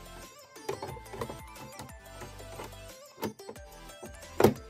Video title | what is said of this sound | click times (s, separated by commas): How to embroider bigger using a 5"x12" repositional hoop in a single needle machine | hear the click so it's in place okay make | 4.4 s